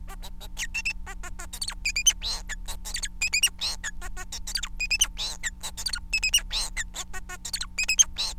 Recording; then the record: song of a male Bengalese finch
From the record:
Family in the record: son of father 4